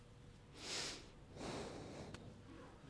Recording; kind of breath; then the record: one breath in and out by a microphone near the nose and mouth; normal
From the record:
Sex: male